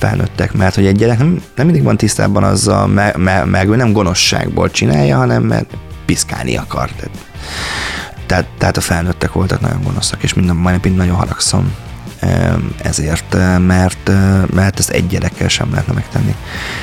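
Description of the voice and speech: An adult man speaks Hungarian at a steady pace, with repeated syllables and words ("me-me-mert", "tehát, tehát, tehát") and halting restarts separated by short pauses. These mild part-word and whole-word repetitions fit the stuttering he has had since childhood.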